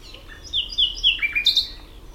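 Common nightingale song: a short phrase of clear whistled notes sliding down, then a higher sharp note.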